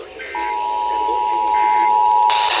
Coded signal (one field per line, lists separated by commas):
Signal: Emergency Alert System (SAME) tones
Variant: 853 and 960 Hz attention tone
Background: speech